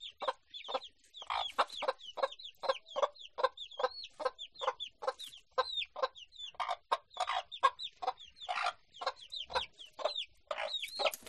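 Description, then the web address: Chicken: hen clucking softly while chicks peep constantly, their high calls sliding downward, dense and overlapping throughout. Hen with chicks in the henhouse. "gallina con pollitos en el gallinero"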